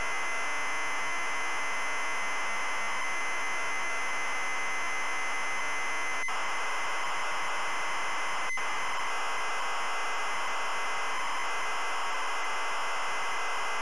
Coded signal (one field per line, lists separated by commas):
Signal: ZX Spectrum tape loading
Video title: ZX SPECTRUM Loading AirWolf Elite Systems Ltd. 1984